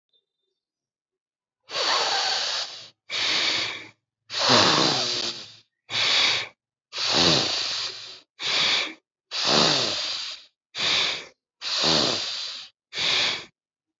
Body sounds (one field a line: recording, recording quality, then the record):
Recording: deep breathing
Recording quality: excellent, no background noise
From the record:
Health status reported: healthy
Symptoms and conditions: none ticked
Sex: male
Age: 28 years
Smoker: not ticked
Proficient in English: yes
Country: India